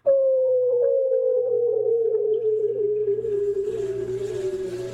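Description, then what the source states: Bearded seal mating call: one long whistle gliding slowly downward over about five seconds, with a faint low steady hum beneath. Male calls in spring mating season advertising breeding condition and establishing territories; recorded by hydrophone through ice in April off Diomede Island, Bering Sea.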